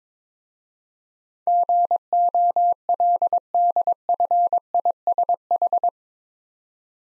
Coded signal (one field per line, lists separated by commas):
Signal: Morse code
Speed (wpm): 22 wpm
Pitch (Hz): 700 Hz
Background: none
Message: GOLDFISH